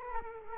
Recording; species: mosquito wingbeat signal from an infrared sensor; Culex quinquefasciatus